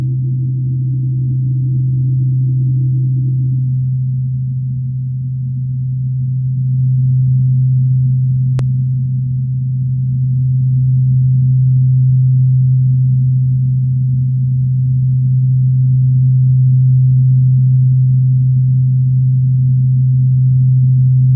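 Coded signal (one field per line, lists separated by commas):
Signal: radar signal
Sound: continuous low steady buzzy tone around 137 Hz with one sharp click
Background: radio static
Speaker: so that was a really great uh signature you could see how we were able to isolate uh one individual carrier and look at it on the the oscilloscope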